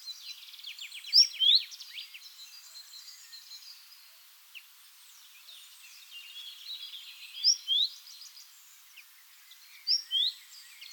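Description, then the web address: Great tit calls, paired high-then-low whistles repeated three times, partly mixed with other busy twittering sounds. "SETE data Parus major"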